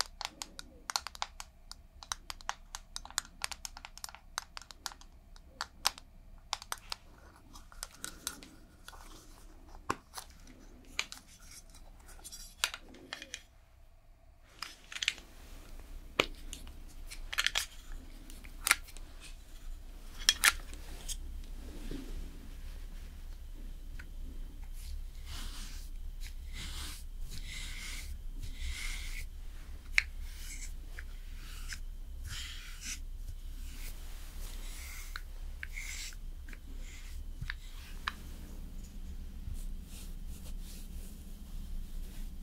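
Slow makeup application comes through as a run of sharp little clicks and taps, like cases opening and brushes knocking, scattered unevenly with a short pause near fourteen seconds. After that a steady low hum sits underneath while the tapping continues, denser and brighter.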